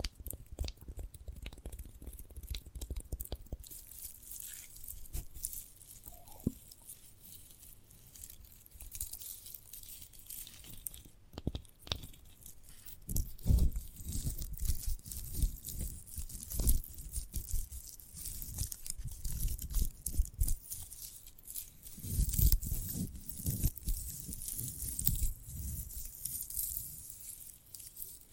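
Handling a sprouted coconut brings dense crackling, scraping and tearing sounds with sharp clicks, heaviest around 13–17 and 22–24 seconds.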